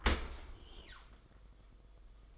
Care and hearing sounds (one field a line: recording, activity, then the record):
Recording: daily activity, microphone in the room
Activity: open dishwasher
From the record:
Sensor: 5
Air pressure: 990.6 hPa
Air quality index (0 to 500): 161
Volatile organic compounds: 257 ppm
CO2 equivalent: 4378 ppm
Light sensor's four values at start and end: 36/110/43/45 and 37/113/43/46